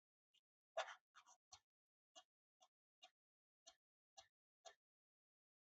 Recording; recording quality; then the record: shallow voluntary cough; excellent, no background noise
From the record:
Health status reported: healthy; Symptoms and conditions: none ticked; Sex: male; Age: 53 years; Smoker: yes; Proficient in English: yes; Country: India